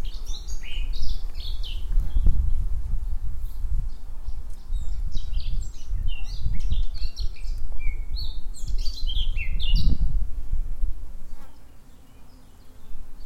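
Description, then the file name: Eurasian blackcap song, a fast jumble of chattering, scratchy and whistled notes for most, over a low rumble with thumps near two and ten seconds. "Sylvia atricapilla"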